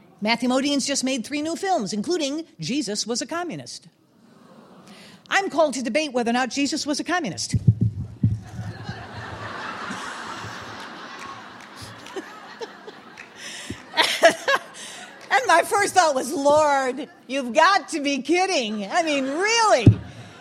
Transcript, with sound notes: Matthew Modine has just made three new films, including Jesus Was a Communist. I'm called to debate whether or not Jesus was a communist. (laughter) And my first thought was, Lord, You've got to be kidding! I mean really.